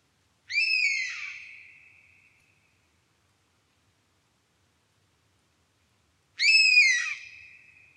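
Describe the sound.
European honey buzzard call: a plaintive whistled note with a harsh onset that trails off over one to two seconds, given twice about six seconds apart.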